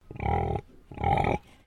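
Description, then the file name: Pig grunting: two deep, rough grunts about half a second each, separated by a short pause with a softer low rumble between them. Landrace breed pig; a double grunt. "ANIMAL PIG LANDRACE ALICE"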